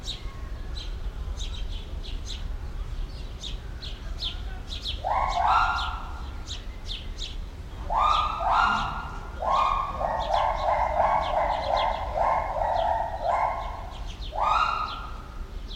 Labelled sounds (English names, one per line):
Pileated Gibbon